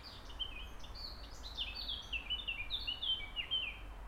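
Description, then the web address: Birds singing, a steady run of quick chirps and short descending whistled notes around high pitch, overlapping phrases throughout, with low background rumble. Birds in the botanical garden of Gijón, Spain. "mapa SONORU 92 JARDIN BOTANICO GIJON PAJAROS Santiago Abadia"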